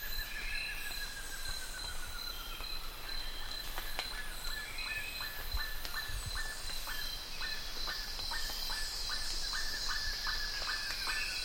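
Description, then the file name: Bird giving a drawn-out falling call, then a rapid series of short notes, over a steady high-pitched whine and broad background hiss. "SABIOD 50 bird 2015"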